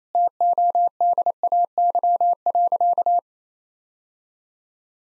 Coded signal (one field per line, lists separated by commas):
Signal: Morse code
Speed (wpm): 28 wpm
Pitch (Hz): 700 Hz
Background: none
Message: TODAY.